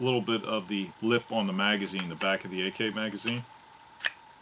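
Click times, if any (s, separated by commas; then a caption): none. A Lula plastic magazine speed loader is handled at the back lip of an empty AK-47 rifle magazine while someone talks, and a single short, sharp tick sounds at about 4.1 seconds. The clip ends just before the loader goes on, so nothing has seated or clicked yet.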